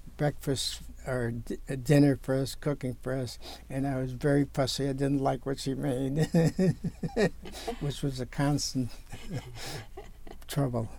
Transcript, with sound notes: breakfast or dinner for cooking for us and I was very fussy I didn't like what she made (laughing) which was a constant trouble.